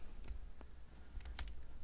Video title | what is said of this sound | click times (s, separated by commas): Super Soco TC Wanderer TS Street Hunter Dual USB Port Installation (storage box and under seat) | and hear it click | 1.4 s